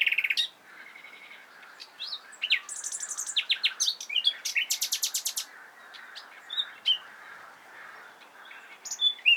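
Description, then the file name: Common nightingale song with varied phrases: sharp whistles, a fast rattling trill of repeated notes and scattered high chirps between pauses. "Luscinia megarhynchos"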